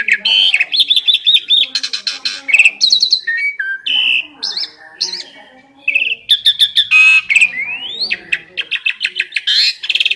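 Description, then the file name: Asian pied starling in loud, near-continuous song mixing fast chattering notes, trills and slurred upward whistles, with one brief pause. Champion-grade songbird known locally as jalak suren. "suara burung jalak suren juara"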